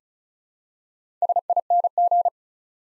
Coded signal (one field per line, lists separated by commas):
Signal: Morse code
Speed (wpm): 36 wpm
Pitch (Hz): 700 Hz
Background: none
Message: SING